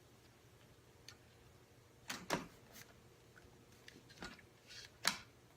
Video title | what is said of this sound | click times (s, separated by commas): How to setup the MoLight Godox AD200 location kit | you're gonna hear click and it's going to feel and feel tight in there | 5.1 s